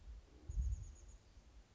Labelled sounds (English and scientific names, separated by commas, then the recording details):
Chestnut-backed Chickadee (Poecile rufescens)
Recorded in Sonoma County, California